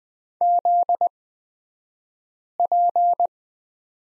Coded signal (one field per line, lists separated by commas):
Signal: Morse code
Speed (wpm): 20 wpm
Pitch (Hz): 700 Hz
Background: none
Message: ZP